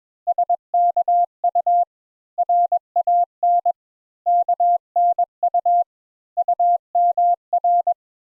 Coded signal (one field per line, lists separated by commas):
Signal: Morse code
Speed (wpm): 21 wpm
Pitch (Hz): 700 Hz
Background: none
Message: SKU RAN KNU UMR